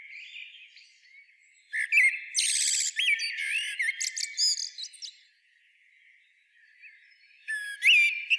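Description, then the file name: Common blackbird song of rich whistled notes and dense high chattering twitters, going quiet for a few seconds before a final short phrase. "Turdus merula"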